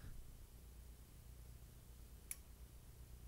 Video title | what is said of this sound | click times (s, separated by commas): Trumpet Page 15 Valve Maintenance 2 | and it clicked okay now it doesn't go back and forth anymore okay | 2.3 s